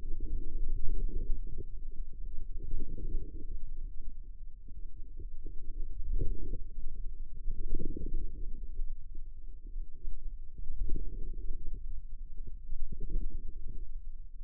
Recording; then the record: forearm muscle sounds (acoustic myography)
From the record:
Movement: ulnar deviation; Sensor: system 2, bracelet of six BSWA MPA416 microphones around the upper forearm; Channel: 2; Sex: female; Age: 25 years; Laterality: right